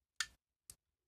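A washing machine door lock plunger in a time-delay door interlock assembly, unplugged but still hot, is pushed back in and relatches with a sharp click at 0.2 s, followed by a softer second click at 0.7 s. The interlock is latched again, but the plunger does not return to its full position.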